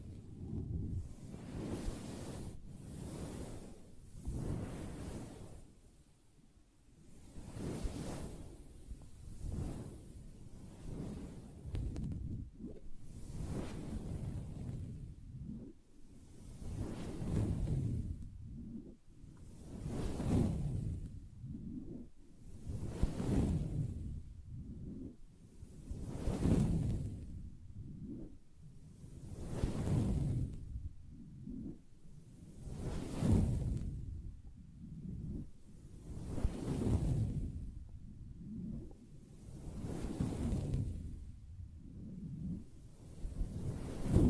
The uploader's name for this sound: Soft Fabric Surface Tapping & Scratching